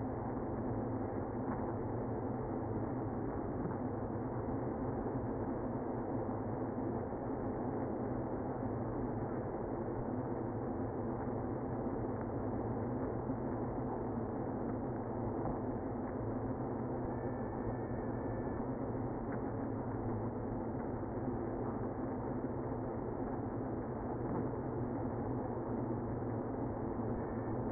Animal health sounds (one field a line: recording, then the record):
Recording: honeybee colony, microphone inside the hive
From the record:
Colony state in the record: queenless (queen removed)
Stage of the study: after two queens were removed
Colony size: about 60,000 bees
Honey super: yes